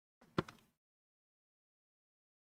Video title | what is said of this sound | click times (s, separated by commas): Motherboard from viewer Gary Tatum - inspected and prepped! | I didn't hear that side click in so I'm doing it again | 0.4 s